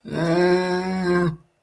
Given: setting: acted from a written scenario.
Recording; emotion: vocal sound without words; distress